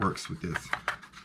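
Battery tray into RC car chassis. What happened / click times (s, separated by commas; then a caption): Handled, not yet seated: the tray is being fitted / none. Someone talks while fitting a battery tray into a HoBao VTE 2 RC car chassis, next to an optional fifth-scale motor mount for a Castle 1100KV motor, with a few faint handling ticks under the voice. The tray is still being handled, and nothing has seated or clicked yet.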